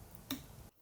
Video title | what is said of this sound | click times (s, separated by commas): SunFounder PiCar-V 2.0 assembly and demo | okay when you're sure you've positioned them correctly push until it clicks next | 0.3 s